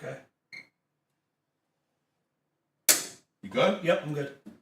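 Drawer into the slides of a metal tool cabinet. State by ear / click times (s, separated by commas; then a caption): not seated / none. A metal drawer is being pushed onto the slides of a metal tool cabinet, top first and then bottom, while people talk briefly. A sharp, bright burst is heard at about 2.9 s before the talking resumes. The drawer is still being handled, and none of the slide latches have clicked home or seated yet.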